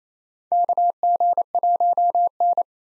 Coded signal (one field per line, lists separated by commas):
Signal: Morse code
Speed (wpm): 28 wpm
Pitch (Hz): 700 Hz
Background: none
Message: KG1N